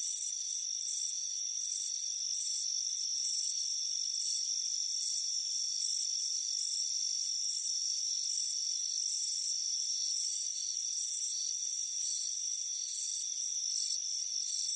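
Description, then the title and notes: High crickets chirping in rapid, regular bursts throughout, layered over continuous high whining tones. Warm afternoon on a front porch. "Soothing Crickets Chirping Sound. warm afternoon front porch chirping crickets"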